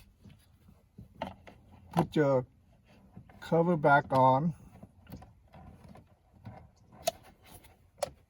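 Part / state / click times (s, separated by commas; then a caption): cabin air filter access cover into HVAC filter housing / seated / 7.1 s, 8.0 s. On a 2013-2017 Honda Accord, the plastic cabin air filter access cover is pushed back onto the HVAC filter housing behind the glove box while someone talks. Two sharp clicks are heard at 7.1 s and 8.0 s as its tabs lock, and the cover is seated.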